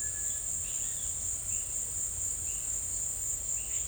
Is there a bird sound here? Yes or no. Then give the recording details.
no. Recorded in pastures near Puerto Asís, Putumayo, Colombia, on 22 December 2024 at 16:00. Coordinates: 0.472, -76.329. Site G072